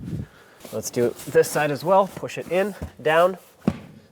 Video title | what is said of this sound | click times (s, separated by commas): How to Replace Rear Strut and Spring Assembly 1997-2001 Lexus ES300 | there we go that's locked in | 3.7 s